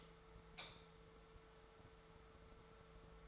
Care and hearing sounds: daily activity, microphone in the room; light off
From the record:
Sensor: 3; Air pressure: 1014.5 hPa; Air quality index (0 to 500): 180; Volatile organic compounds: 18 ppm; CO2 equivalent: 2628 ppm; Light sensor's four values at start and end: 16/41/17/17 and 14/35/14/15

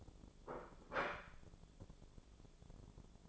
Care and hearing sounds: daily activity, microphone in the room; place plate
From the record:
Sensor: 5

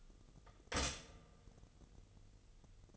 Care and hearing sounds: daily activity, microphone in the room; stop toaster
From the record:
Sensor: 4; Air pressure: 989.3 hPa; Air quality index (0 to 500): 217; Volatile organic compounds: 68 ppm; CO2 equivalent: 3502 ppm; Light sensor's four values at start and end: 24/85/31/33 and 24/85/31/33

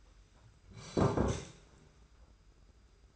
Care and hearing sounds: daily activity, microphone in the room; sit down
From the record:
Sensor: 2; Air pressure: 991.5 hPa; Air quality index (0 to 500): 174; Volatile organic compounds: 1000 ppm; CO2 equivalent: 5613 ppm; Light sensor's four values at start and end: 25/80/31/30 and 28/88/34/32

